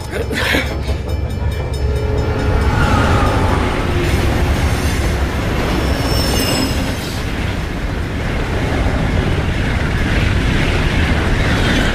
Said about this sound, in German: Dann bemerkte er den herannahenden Zug.